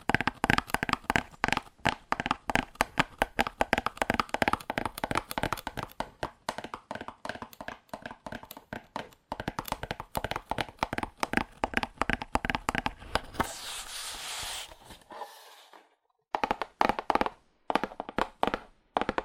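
Fast, aggressive tapping on cardboard, a dense stream of sharp dry hits that barely leaves gaps for the first thirteen seconds. Near the end the tapping gives way to a brief bright hiss and a moment of near silence, then resumes in quicker bursts.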